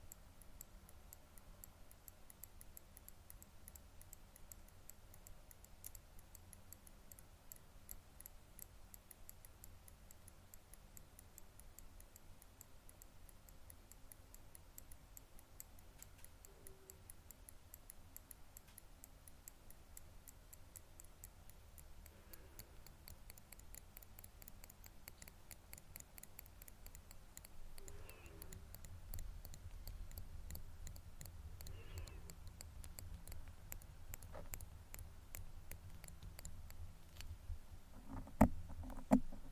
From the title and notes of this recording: Tweezers.